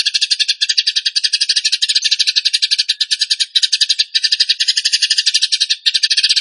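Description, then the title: Tembakan bird delivering a continuous fast buzzy rattle of rapid pulses, with only tiny breaks between phrases. Tutor (masteran) recording of a Tembakan bird in full song (gacor). "Masteran Burung Tembakan Gacor"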